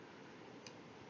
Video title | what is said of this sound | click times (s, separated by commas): WIN 20170905 18 35 27 Pro | and then the other way it will snap into place. | 0.7 s